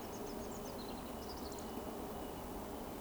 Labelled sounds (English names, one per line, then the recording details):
Eurasian Woodcock
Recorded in Baden-Württemberg, Germany, on 16 June 2020 at 19:39 UTC
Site 14569, 102 m above sea level